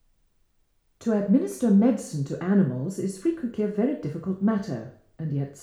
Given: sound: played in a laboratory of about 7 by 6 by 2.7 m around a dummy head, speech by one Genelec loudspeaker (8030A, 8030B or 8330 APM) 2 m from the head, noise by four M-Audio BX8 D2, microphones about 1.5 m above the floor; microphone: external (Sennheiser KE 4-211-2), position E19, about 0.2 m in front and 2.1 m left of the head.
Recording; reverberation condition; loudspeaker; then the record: female speech in English; medium; 90 degrees to the left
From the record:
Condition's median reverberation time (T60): about 510 ms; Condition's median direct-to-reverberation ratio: about -0.5 dB